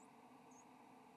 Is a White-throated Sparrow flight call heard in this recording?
no